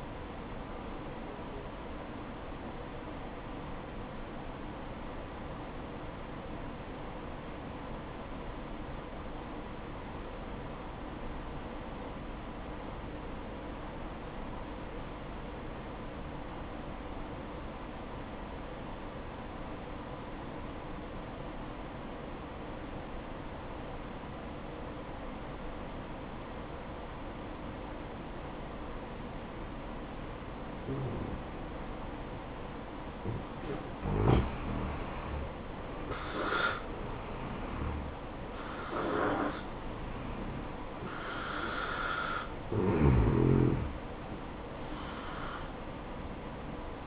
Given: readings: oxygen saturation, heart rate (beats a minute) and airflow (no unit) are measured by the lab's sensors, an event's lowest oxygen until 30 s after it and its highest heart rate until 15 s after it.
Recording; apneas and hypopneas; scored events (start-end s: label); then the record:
breathing in sleep by a voice recorder at the bedside; 1
3.00-35.20 s: obstructive apnea (N1, oxygen 96% highest, then 86% lowest, heart rate 61 at the start, 69 highest)
15.00-45.00 s: new sleep stage, N2 (light sleep)
45.00-47.07 s: new sleep stage, N1 (lightest sleep)
From the record:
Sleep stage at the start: N1 (lightest sleep); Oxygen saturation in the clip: 85 to 96%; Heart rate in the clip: 61 to 69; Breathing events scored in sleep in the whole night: 573 in 9.8 hours asleep